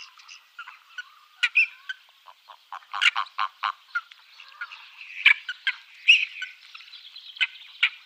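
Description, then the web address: Ferruginous duck calls: short, harsh, rasping notes in scattered bursts, some in quick runs of three or four, with softer chatter between them. "Schulze Peter Ferruginous Duck"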